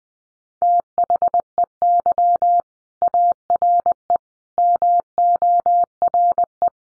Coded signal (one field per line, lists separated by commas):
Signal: Morse code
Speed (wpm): 20 wpm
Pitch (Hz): 700 Hz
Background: none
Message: THEY ARE MORE